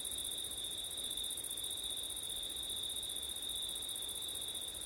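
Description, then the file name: Crickets chirring continuously at a high pitch in an even chorus, with light background hiss. Crickets on a September night, with wind; ORTF microphone setup. "crickets wind september night ortif"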